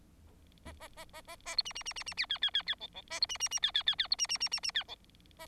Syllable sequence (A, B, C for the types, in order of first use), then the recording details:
A A A A A A B C C C C C D D D D E E A B C C C D D D D B C C C C C D E A. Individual Bird4